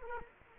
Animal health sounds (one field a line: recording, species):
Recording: mosquito wingbeat signal from an infrared sensor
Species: Culex quinquefasciatus